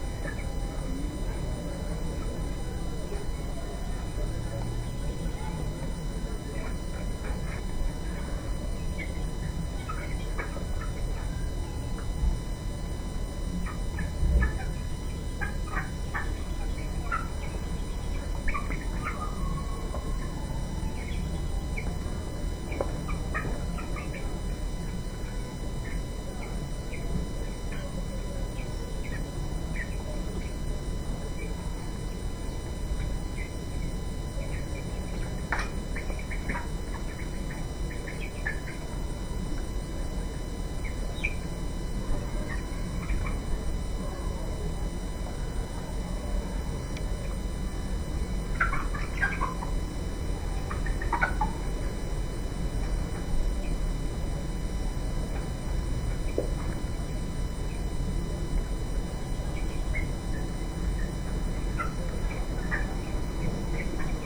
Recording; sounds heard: poultry house recording; healthy chickens